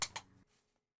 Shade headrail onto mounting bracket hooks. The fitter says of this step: push the head rail firmly up and toward the window until the groove on the rail snaps into place